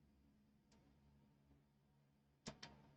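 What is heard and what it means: A plastic PCIe power or riser plug is pushed home into a graphics card or riser board while building a 12-GPU Veddha mining frame. A low steady hum and a faint tick near 0.7 s come before two sharp clicks at 2.5 s and 2.6 s. The connector is seated.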